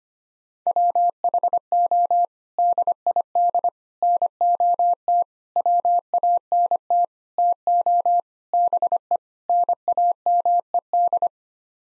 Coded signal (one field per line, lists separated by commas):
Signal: Morse code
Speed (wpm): 25 wpm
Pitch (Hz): 700 Hz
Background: none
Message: WHO DID NOT WANT TO BE NAMED